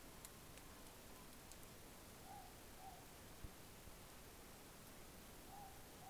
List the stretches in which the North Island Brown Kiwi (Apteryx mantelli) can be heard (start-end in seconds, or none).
none